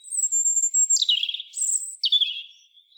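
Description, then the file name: European robin singing a high sustained whistle that drops abruptly into lower trilled notes, then jumps up again and falls once more into a twittering phrase. "Erithacus rubecula"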